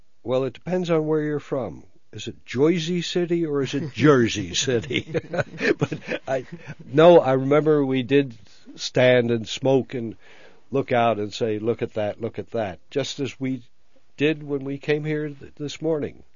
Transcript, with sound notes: well, it depends on where you're from. Is it "Joisey City" or is it Jersey City? ( they laugh ) No, I remember we did stand and smoke and look out and say, "Look at that, look at that," just as we did when we came here this morning.